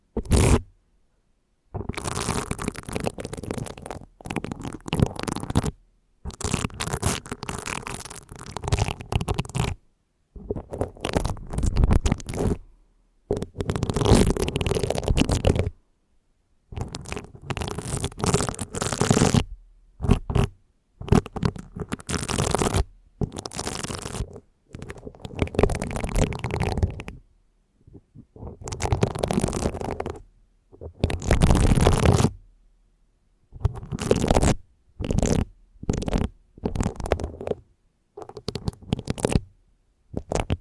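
Harsh mic scratching comes in rough, irregular bursts of grinding friction, broken by frequent abrupt silences across the whole stretch.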